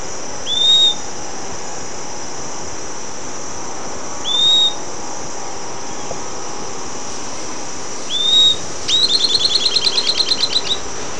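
Bird calling with brief upslurred whistles repeated every few seconds, then a fast, even trill of sharp notes, all over a constant high-pitched insect drone.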